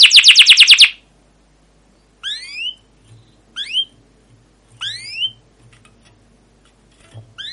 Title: CUIT CUIT NGEROL LANGSUNG GACOR PANJANG Kenari Ini Utk Pancingan KENAR. Masteran Suara Burung Kenari Gacor Panjang cuit cuit Ngerol untuk Pancingan Kenari!